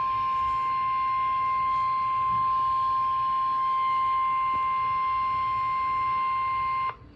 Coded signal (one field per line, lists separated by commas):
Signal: Emergency Alert System (SAME) tones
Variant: 1050 Hz attention tone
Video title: Severe Thunderstorm Warning (EAS #502)